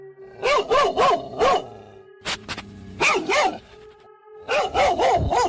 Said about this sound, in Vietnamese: Mà buổi sáng sớm ngày thứ hai, tôi bị tiếng chó sủa ở bên ngoài làm cho tỉnh giấc. Tôi đứng dậy đi xem, phát hiện trong nhà có thêm hai con chó mực trưởng thành.